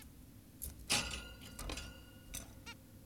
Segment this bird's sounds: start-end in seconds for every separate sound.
2.67-2.74